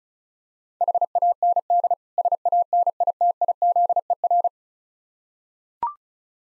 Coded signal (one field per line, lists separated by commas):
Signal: Morse code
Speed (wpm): 36 wpm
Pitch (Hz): 700 Hz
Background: none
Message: HAND SANITIZER